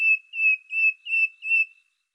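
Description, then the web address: Bird whistling five even, steady-pitched notes in a smooth row. "Deverinetal 2025"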